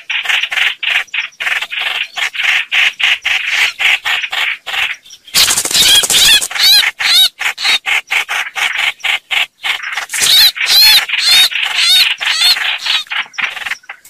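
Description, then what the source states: Red-whiskered bulbul distress calls: repeated buzzy rasps that give way to louder, wavering whistled notes, then return to harsh rapid notes. Distress call, a bird calling for help.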